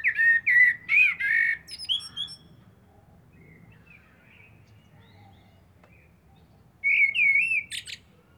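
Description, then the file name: Eurasian blackbird singing a mellow, wavering whistled phrase with high squeaks, a long quiet spell, then a short fluty phrase with a sharp high note. "Turdus merula"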